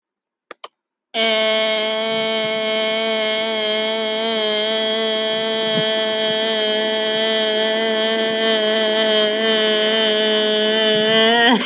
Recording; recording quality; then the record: sustained vowel as in made; excellent, no background noise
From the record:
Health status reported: healthy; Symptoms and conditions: none ticked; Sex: female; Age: 43 years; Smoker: not ticked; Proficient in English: yes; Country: India